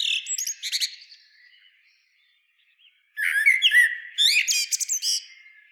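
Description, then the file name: Common blackbird giving two phrases of squeaky, high twittering notes, separated by about two seconds of silence. "Turdus merula"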